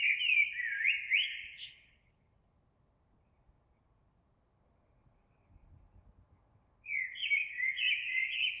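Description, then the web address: Eurasian blackbird, two warbled song phrases of rich whistled notes, the first with a squeaky high tail, separated by about five seconds of near silence. Recorded 26 April 2022. "oiseaux Merle 2022 04 26"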